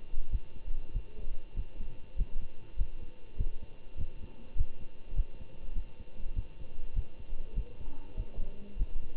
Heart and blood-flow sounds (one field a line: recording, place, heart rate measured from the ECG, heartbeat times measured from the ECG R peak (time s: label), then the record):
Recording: heart sounds by stethoscope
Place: between the tricuspid and mitral areas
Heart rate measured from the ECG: 99 bpm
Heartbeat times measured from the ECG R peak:
0.30 s: heartbeat
0.92 s: heartbeat
1.54 s: heartbeat
2.16 s: heartbeat
2.76 s: heartbeat
3.36 s: heartbeat
3.97 s: heartbeat
4.55 s: heartbeat
5.14 s: heartbeat
5.73 s: heartbeat
6.34 s: heartbeat
6.93 s: heartbeat
7.54 s: heartbeat
8.15 s: heartbeat
8.77 s: heartbeat
From the record:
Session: Bruce protocol treadmill stress test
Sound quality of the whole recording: good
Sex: male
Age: 25 years